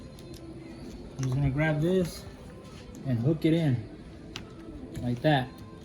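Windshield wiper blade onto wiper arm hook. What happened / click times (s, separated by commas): The wiper blade is being hooked on but has not latched yet / none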